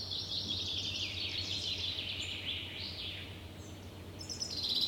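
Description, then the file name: Common chaffinch song: a rapid trill falling steadily in pitch over about three seconds, then a brief higher note at the end, with a low steady hum beneath. "Fringilla coelebs"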